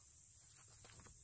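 The rear signal light housing of a 2011–2017 Grand Cherokee SUV is handled against its two locating pins on the body, making soft rustling and scraping sounds over a steady hiss. Nothing has seated or clicked yet.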